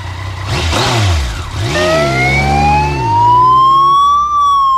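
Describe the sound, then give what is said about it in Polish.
A motorcycle ambulance siren in Poland starts a couple of seconds in, its loud steady wail slowly rising in pitch, while the vehicle engine revs and drones underneath and then fades out. “Jest to pełnoprawna karetka zarejestrowana w pełni w systemie, posiada sygnały uprzywilejowane zarówno świetlne, jak i dźwiękowe.”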